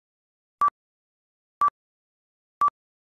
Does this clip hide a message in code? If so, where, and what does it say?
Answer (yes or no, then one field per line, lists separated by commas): no